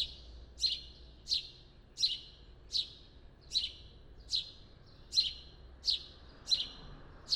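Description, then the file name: House sparrow calling with fairly regular sharp chirps, about ten in all, with a faint background rumble. "Passer domesticus"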